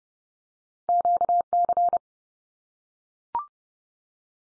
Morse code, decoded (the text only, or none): QC